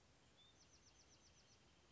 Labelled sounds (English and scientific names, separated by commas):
Bewick's Wren (Thryomanes bewickii)